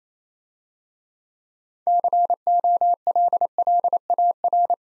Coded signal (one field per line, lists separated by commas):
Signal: Morse code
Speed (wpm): 27 wpm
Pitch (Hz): 700 Hz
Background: none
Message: COLLAR